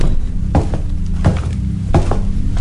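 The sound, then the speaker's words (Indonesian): Slow footsteps approaching a bedroom after the sound of a stick broom stops: a handful of dull, low thuds at a steady walking pace, each step landing firmly over a constant low hum, with no voices. “suara sapu lidi itu berhenti. Berganti dengan suara langkah kaki.”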